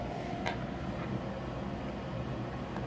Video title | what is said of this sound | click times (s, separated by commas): Vintage Toy Freedom - GI Joe Mail In "General Hawk v3" 1993 | The visor just kind of snaps right in there. | 0.5 s